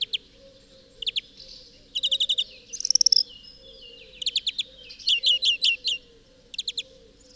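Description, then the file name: European greenfinch giving scattered chirps, several quick twittering bursts and a ringing high trill over a faint steady background hum. "Chloris chloris"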